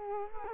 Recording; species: mosquito wingbeat signal from an infrared sensor; Culex quinquefasciatus